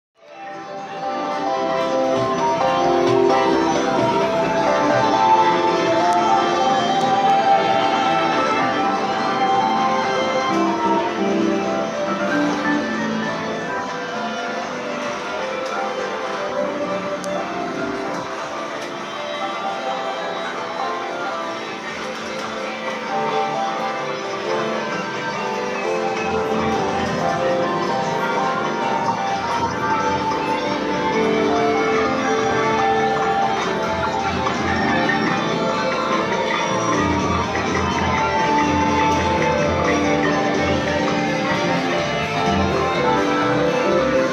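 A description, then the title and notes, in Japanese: A game arcade's dense, constant din, with overlapping electronic jingles, tones and chiming machine sounds layered into a busy wall of noise. The level stays steady throughout, with faint voices mixed in and small bursts of bell-like tones rising now and then. 某ゲームセンターで録音してきた音。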